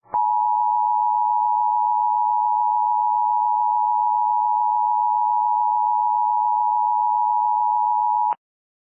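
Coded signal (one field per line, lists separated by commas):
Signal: Emergency Alert System (SAME) tones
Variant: 853 and 960 Hz attention tone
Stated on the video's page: Mock alert with genuine, fully valid tones, imitating a DASDEC/DASDEC-II encoder, for a 911 telephone outage.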